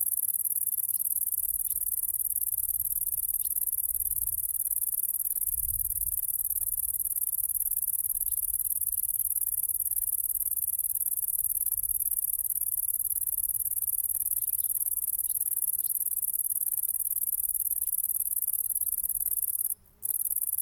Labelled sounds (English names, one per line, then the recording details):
Great Green Bush-cricket
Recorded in the wild
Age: imago
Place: Pähnitz, Thuringia, DE
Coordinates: 51.0365, 12.4784
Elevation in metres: 160
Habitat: fallow field
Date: 2024-07-29 17:49
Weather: 23°C, sunny, no wind
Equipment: Sound Devices MixPre6, 2 Sennheiser MKH8040
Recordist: Frommolt, Karl-Heinz
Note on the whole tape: Tettigonia viridissima, singing on a moth bush. Distance Approximately 1 m. Photo of the animal available. Temperature in the sun close to the animal 35°C (LASCAR USB2 Datalogger)